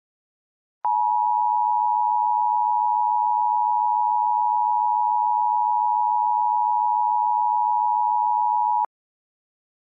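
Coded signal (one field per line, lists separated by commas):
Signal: Emergency Alert System (SAME) tones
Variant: 853 and 960 Hz attention tone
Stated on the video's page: Mock of a National Periodic Test with heavily distorted audio; valid tones generated by an EAS encoder from GitHub.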